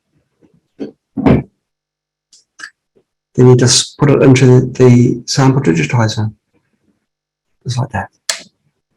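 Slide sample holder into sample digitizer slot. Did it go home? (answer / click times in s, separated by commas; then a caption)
yes / 8.3 s. A sample sandwiched between two glass slides is pushed into the slot of a sample digitizer while someone talks. A single sharp, loud click at 8.3 s marks the holder latching into place, seated.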